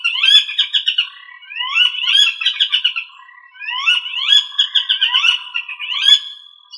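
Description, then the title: Rail giving loud chattering calls: several long rolling phrases of rapid, squealing, harmonic notes, with short dips between. "LuckyFamilia RallidaeFrangoSama"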